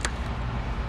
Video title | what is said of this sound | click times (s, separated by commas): Customer Scammed Himself! | okay there's a there's a click on the connector | 0.0 s